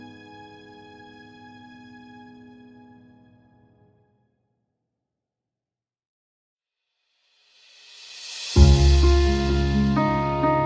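Calm piano music: a held low chord rings and slowly fades out by about four seconds, leaving a few seconds of silence. A bright hiss then swells up, and a loud, full new chord strikes near eight and a half seconds and sustains.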